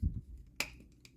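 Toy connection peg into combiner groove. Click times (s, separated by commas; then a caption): 0.6 s. After being realigned, the plastic connection peg of a Legacy Evolution Blitzwing toy is pushed into the combiner groove of a Junkion Scraphook toy and snaps home with a sharp click at 0.6 s, followed by a fainter tick near 1.1 s. Low handling rumble is heard at the start. The peg is seated and will not come out, so the connection is secure.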